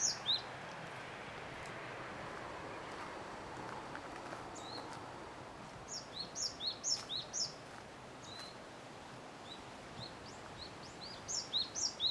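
A bird calls in clear, high, regular notes, short bright chirps repeated in quick runs near the start, around six to seven seconds, and again toward the end. A steady outdoor hiss fills the background throughout.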